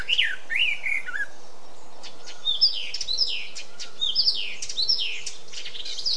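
Eurasian blackcap giving quick warbled phrases of chirpy notes that bend up and down, clustered in short bursts with brief gaps.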